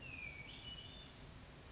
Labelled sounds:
Hermit Thrush (Catharus guttatus)
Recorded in Sonoma County, California

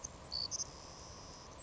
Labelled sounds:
Savannah Sparrow (Passerculus sandwichensis)
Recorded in Sonoma County, California

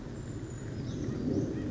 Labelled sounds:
Brown Creeper (Certhia americana)
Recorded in Sonoma County, California

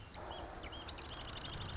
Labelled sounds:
Marsh Wren (Cistothorus palustris)
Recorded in Sonoma County, California

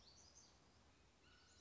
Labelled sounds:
Black-throated Gray Warbler (Setophaga nigrescens)
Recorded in Sonoma County, California

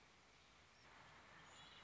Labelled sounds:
Red-winged Blackbird (Agelaius phoeniceus)
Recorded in Sonoma County, California

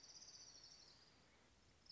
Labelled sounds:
Orange-crowned Warbler (Leiothlypis celata)
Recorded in Sonoma County, California

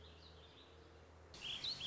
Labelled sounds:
Warbling Vireo (Vireo gilvus)
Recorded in Sonoma County, California

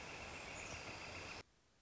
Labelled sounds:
Northern Flicker (Colaptes auratus)
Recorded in Sonoma County, California

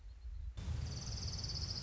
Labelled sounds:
Orange-crowned Warbler (Leiothlypis celata)
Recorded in Sonoma County, California

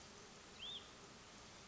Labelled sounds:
Hutton's Vireo (Vireo huttoni)
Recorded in Sonoma County, California

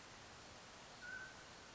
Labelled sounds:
Mountain Quail (Oreortyx pictus)
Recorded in Sonoma County, California

